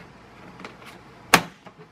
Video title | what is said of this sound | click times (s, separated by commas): Sensor 12 Vacuum | push it all the way back until it snaps just | 1.3 s